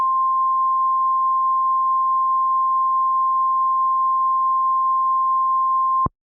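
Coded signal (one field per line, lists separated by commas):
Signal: Emergency Alert System (SAME) tones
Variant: 1050 Hz attention tone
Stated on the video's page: Fictional volcanic disaster EAS scenario, not a real alert.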